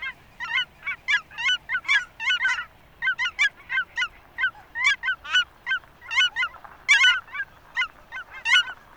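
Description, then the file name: Cackling goose flock calling in quick bursts of squeaky, high-pitched honks, short clusters separated by brief pauses. "Dvargkanadagas"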